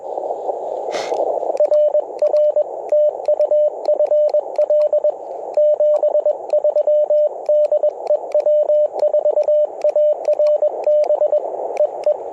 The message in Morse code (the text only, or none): RR TU FL 73 DE W4ARB EE